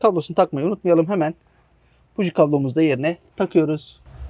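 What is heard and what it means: A spark plug ignition cable boot is being handled by hand on a newly installed spark plug in a Palio car engine, during a plug change made because of a misfire problem. Someone talks throughout, with a quiet pause from about 1.4 to 2.2 s and faint low noise near the end. The boot has not been pushed home yet, so nothing has seated or clicked.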